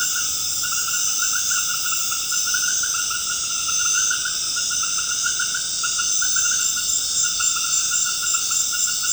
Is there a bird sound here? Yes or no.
no